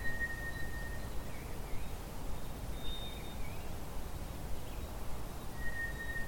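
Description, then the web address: White's thrush song: a drawn-out pure whistle, a higher thin whistle about three seconds later, then another level whistle about five and a half seconds after the first, against continuous low rumble and faint chirps. "drozd"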